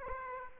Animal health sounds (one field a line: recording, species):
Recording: mosquito wingbeat signal from an infrared sensor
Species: Aedes aegypti